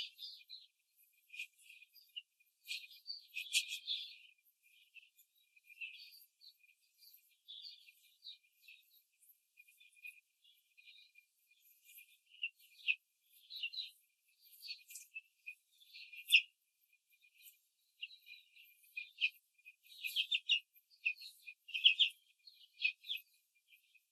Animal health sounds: young laying hens in a cage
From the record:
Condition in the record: control cage, after the stress test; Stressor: none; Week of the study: 4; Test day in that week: 1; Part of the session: 3

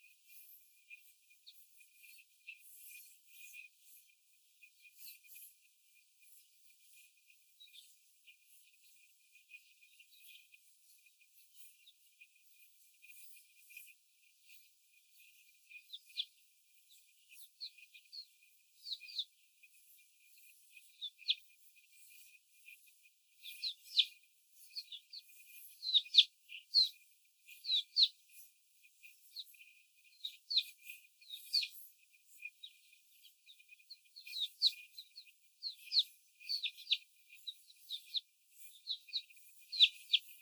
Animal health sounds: young laying hens in a cage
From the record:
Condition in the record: before the stressor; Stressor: simulated dog barking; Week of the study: 4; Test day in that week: 1

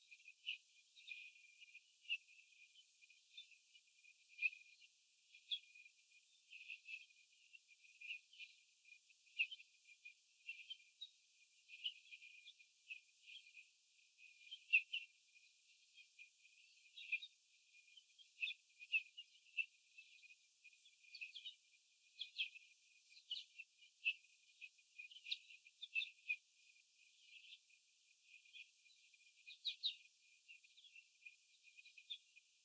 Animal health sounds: young laying hens in a cage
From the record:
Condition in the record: after the stressor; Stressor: sudden umbrella opening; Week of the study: 3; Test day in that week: 2

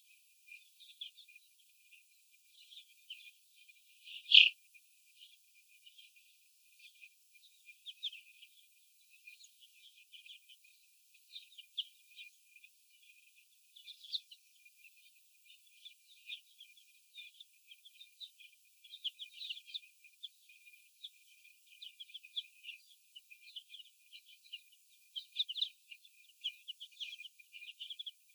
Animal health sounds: young laying hens in a cage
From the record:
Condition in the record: before the stressor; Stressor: sudden umbrella opening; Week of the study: 2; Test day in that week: 1

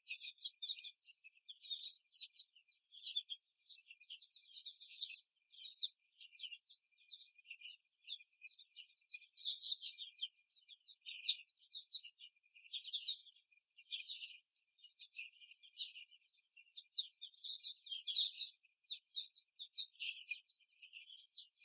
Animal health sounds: young laying hens in a cage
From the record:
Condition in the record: before the stressor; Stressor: simulated dog barking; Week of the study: 3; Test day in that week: 1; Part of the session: 1

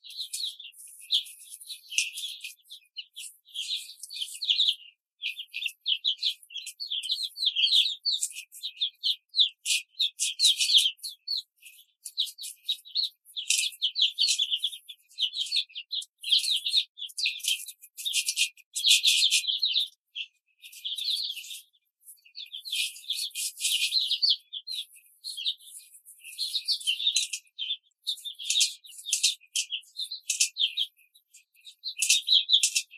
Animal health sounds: young laying hens in a cage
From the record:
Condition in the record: control cage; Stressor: none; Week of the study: 5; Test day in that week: 1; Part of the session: 4

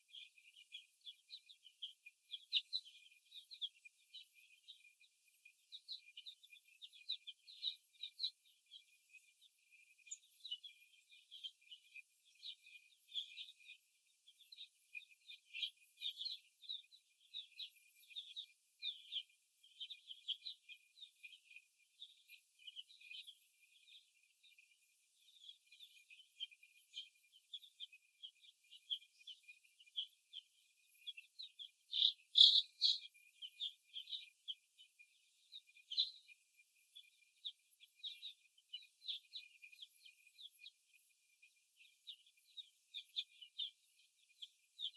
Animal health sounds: young laying hens in a cage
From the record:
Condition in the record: after the stressor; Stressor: simulated dog barking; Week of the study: 1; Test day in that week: 2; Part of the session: 2

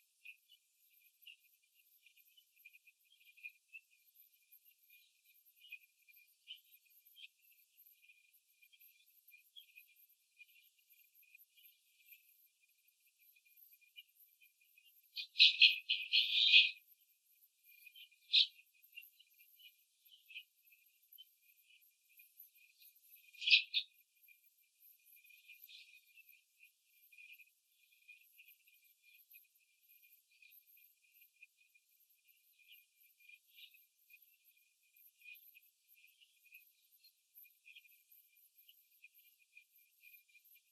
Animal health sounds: young laying hens in a cage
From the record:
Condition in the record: after the stressor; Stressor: simulated dog barking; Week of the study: 3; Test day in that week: 2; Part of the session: 2

